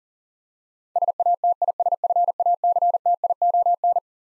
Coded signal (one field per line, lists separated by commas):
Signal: Morse code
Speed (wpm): 40 wpm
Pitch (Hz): 700 Hz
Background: none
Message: SATISFACTION